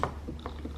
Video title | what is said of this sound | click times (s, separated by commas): 2014-2019 Kia Soul - Window Switch (Master Switch) Replacement | line this up and snap that into place | 0.0 s